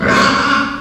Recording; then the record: squeal of a Yucatan mini pig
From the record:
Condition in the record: after surgery on the right vocal fold (resection and tissue-engineered implant); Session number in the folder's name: 16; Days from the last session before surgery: 183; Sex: female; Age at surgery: 19 weeks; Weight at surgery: 25 kg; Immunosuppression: prednisolone